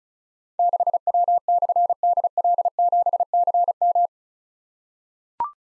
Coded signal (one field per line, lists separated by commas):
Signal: Morse code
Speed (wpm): 36 wpm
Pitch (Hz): 700 Hz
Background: none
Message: 6W/DL7CM